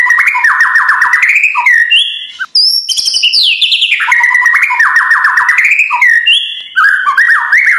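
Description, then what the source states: White-rumped shama song: fast rolling trills and clear whistles, with a sweeping high phrase midway, delivered almost without a break. Full rolling ('ngerol') and 'nembak' style song for training (masteran).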